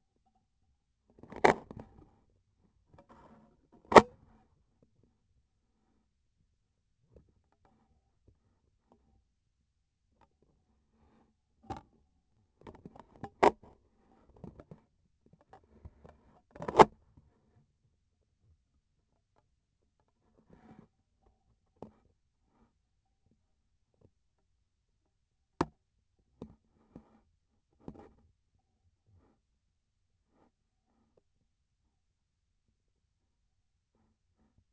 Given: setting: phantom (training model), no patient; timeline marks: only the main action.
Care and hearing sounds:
laparoscopic instrument, vibration sensor on the handle end; scissors
3.82-4.15 s: cutting PTFE tape
16.46-16.92 s: cutting PTFE tape
From the record:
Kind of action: gesture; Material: PTFE tape

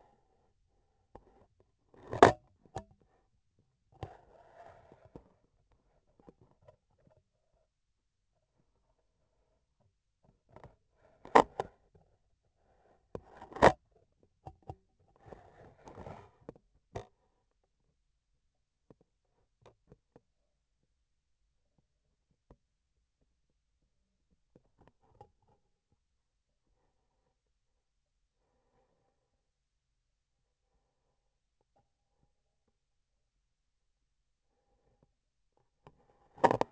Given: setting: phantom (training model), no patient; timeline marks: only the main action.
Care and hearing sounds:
laparoscopic instrument, vibration sensor on the handle end; scissors
1.82-2.50 s: cutting thread
13.11-13.88 s: cutting thread
From the record:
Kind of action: gesture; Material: cotton thread

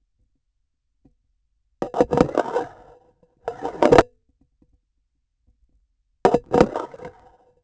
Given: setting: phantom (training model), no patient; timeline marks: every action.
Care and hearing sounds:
laparoscopic instrument, vibration sensor on the handle end; grasping forceps
1.80-2.96 s: insertion through the trocar
3.42-4.30 s: removal through the trocar
6.22-7.60 s: insertion through the trocar
From the record:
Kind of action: spatial motion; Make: Olympus

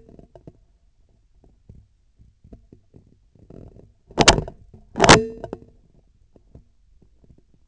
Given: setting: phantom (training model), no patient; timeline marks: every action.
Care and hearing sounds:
laparoscopic instrument, vibration sensor on the handle end; scissors
4.04-4.69 s: scissors opening
4.88-5.80 s: scissors closing
From the record:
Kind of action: tool actuation without material contact

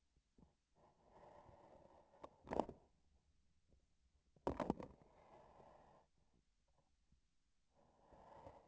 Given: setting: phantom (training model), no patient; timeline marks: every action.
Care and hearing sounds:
laparoscopic instrument, vibration sensor on the handle end; grasping forceps
2.13-2.92 s: grasping tissue
4.33-5.01 s: releasing tissue
From the record:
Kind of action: gesture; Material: synthetic tissue

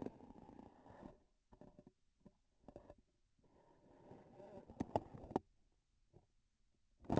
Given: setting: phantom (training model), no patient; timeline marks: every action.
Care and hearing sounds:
laparoscopic instrument, vibration sensor on the handle end; grasping forceps
0.00-0.25 s: releasing tissue
4.54-5.56 s: grasping tissue
6.96-7.20 s: releasing tissue
From the record:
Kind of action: gesture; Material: synthetic tissue

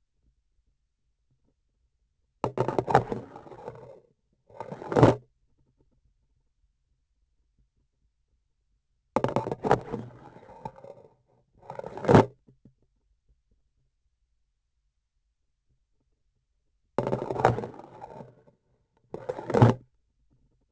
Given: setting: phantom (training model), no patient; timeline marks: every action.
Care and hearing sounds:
laparoscopic instrument, vibration sensor on the handle end; grasping forceps
2.36-4.17 s: insertion through the trocar
4.41-5.32 s: removal through the trocar
9.11-11.18 s: insertion through the trocar
11.53-12.34 s: removal through the trocar
16.95-18.48 s: insertion through the trocar
19.07-19.91 s: removal through the trocar
From the record:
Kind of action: spatial motion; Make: other than Olympus

